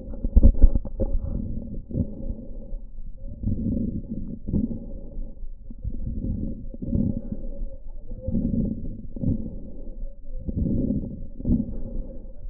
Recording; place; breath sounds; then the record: lung sounds by stethoscope; right anterior middle chest; crackles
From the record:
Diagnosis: heart failure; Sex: male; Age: 26 years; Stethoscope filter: diaphragm mode, 100 to 500 Hz